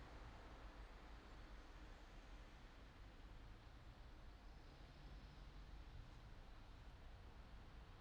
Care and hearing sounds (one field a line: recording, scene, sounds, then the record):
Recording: everyday scene through a hearing-aid microphone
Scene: in traffic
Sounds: traffic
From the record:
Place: city secondary road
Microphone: in the ear canal, right